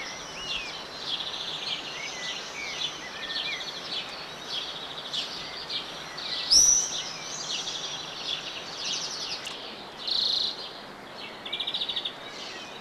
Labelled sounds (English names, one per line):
European Greenfinch song